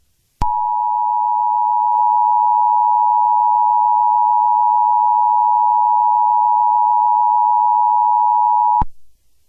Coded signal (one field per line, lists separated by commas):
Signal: Emergency Alert System (SAME) tones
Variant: 853 and 960 Hz attention tone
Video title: EAS Mock: Sink Away (Requested by FriendlyGuys Returns)